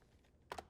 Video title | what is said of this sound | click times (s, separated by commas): HOW TO BUILD THE RIG!! (INSANE VIDEO) MINDBLOWING TRANSFORMATION 🤯🤯 | just like that until it clicks. Now we have power to our monitor. | 0.5 s